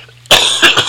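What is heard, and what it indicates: One abrupt, harsh cough with quick follow-on pulses from an adult man with throat irritation, heard during a talk to an audience.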